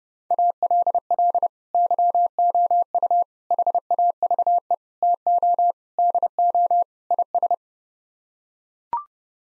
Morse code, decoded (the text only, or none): ALL YOU HAVE TO DO IS